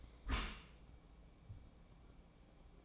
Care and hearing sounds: daily activity, microphone in the room; close dishwasher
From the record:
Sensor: 1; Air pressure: 1012.4 hPa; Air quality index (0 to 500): 171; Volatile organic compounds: 3 ppm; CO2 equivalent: 1397 ppm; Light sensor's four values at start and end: 331/749/334/364 and 330/745/332/362

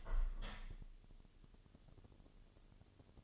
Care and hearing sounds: daily activity, microphone in the room; open window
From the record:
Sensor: 4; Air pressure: 1015.8 hPa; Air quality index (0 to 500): 100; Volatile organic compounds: 2 ppm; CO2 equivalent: 1118 ppm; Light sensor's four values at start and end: 9/20/8/7 and 9/20/8/7

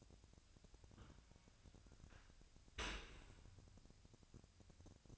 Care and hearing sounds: daily activity, microphone in the room; open dishwasher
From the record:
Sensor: 2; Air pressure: 1006.7 hPa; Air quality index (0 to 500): 200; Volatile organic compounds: 14 ppm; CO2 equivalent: 2451 ppm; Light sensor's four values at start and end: 9/22/9/9 and 9/22/9/9

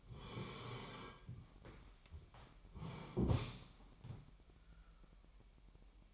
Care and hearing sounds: daily activity, microphone in the room; sit down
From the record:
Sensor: 1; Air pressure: 998.6 hPa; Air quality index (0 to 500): 118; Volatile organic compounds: 3 ppm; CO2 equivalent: 1410 ppm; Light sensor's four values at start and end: 7/18/7/9 and 8/19/8/9

